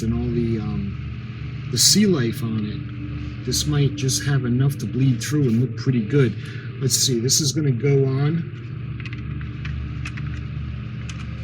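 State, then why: Not seated. A plastic part of a 1:700 scale ship model kit is handled near the hull, about to go onto a small pin that fits into a hole. Someone talks over a low rumble, and a few short, quiet taps come near the end. Nothing has seated or clicked into place yet.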